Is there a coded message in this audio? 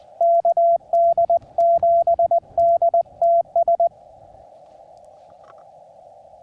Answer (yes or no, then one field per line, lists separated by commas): yes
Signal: Morse code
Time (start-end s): 0.2-3.9 s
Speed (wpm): 20 wpm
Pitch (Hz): 680 Hz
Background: radio noise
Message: KD7DTS